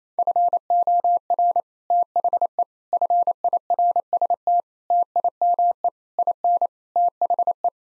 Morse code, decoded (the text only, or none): FOR THE FIRST TIME IN THE